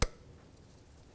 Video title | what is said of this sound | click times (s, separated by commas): How to Replace Ignition Coil 2015-2019 Hyundai Sonata | Now that's locked into place. | 0.0 s